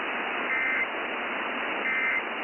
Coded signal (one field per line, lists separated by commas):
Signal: Emergency Alert System (SAME) tones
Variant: end-of-message bursts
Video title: JUNE'S FINAL ALERTS... EAS Alerts from 6/28/23 - 6/30/23 (EAS #2,629 - 2,644)